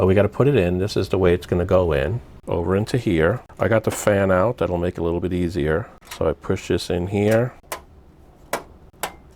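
Someone talks while pushing a metal rear I/O shield into the back-panel opening of a PC case from the inside, with the fan removed to make it easier. Sharp snaps are heard at 8.5 s and 9.0 s as the shield's tabs click into the case, re-snapping one tab that had popped out, and the shield is seated.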